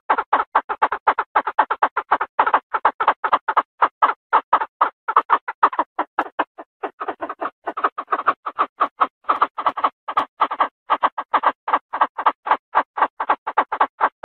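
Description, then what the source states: Chinese francolin harsh calls, a dense unbroken series of rapid rasping notes, steady throughout the whole stretch. Female calling.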